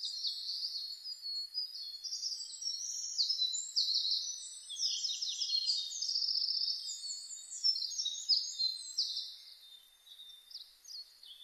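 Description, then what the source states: Bird song: long, lively, high warbling built from rapid chirps, slurs and trills, steady throughout with small pauses. Birdsong (saezuri) recorded on 1 May 2005.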